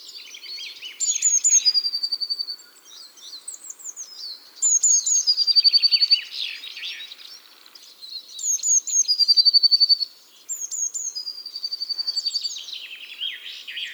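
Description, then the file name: Eurasian blue tit song: several phrases, each with high thin introductory notes followed by a quick ringing trill. "Cyanistes caeruleus"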